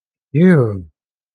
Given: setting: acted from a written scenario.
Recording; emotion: vocal sound without words; relief